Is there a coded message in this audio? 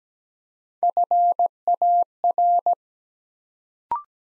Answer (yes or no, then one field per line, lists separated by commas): yes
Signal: Morse code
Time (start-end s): 0.8-2.7 s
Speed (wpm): 17 wpm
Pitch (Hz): 700 Hz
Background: none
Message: FAR